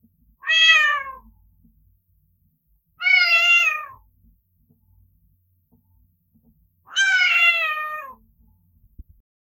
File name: meowing of a kitten